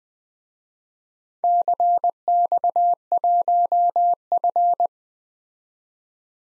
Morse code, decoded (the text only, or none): CX1F